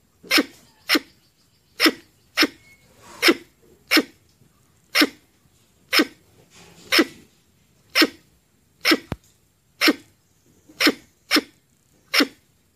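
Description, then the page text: Red squirrel giving harsh barking chucks, sometimes in quick pairs, at an uneven pace of about one per second, with a short click near nine seconds. "Tiếng Sóc Đỏ kêu"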